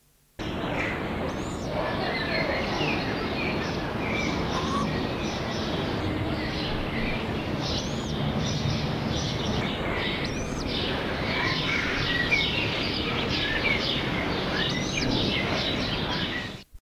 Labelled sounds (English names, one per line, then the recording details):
Ural Owl call
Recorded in captivity
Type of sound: call
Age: adult
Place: Alpenzoo Innsbruck, Tirol, AT
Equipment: Halbspur, 9,5 cm/s
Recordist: Lütgens, Hans
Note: Rufe